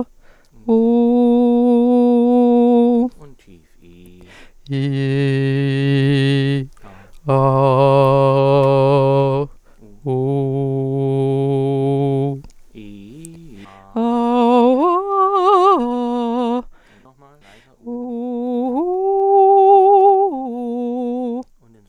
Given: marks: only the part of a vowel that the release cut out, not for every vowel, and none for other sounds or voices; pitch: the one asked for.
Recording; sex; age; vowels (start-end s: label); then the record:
sustained vowels; female; 40 to 49 years
0.83-2.87 s: vowel /u/, high pitch
4.92-6.43 s: vowel /i/, low pitch
7.46-9.26 s: vowel /a/, low pitch
10.31-12.15 s: vowel /u/, low pitch
14.18-16.46 s: vowel /a/, low-high-low pitch
18.18-21.27 s: vowel /u/, low-high-low pitch
From the record:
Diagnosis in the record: singing voice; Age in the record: 43 years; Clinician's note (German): Ausgebildete Gesangsstimme